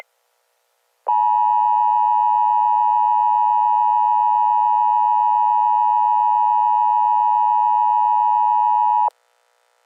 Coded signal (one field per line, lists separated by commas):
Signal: Emergency Alert System (SAME) tones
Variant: 853 and 960 Hz attention tone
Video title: EAS Scenario - Transformed